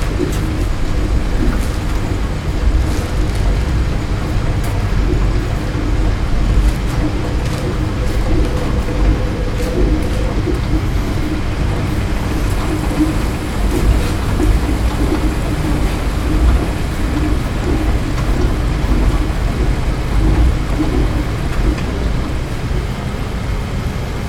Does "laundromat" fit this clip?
yes